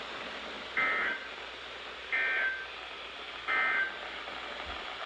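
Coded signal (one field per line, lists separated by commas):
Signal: Emergency Alert System (SAME) tones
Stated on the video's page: Series of flood alerts from the Sterling forecast office.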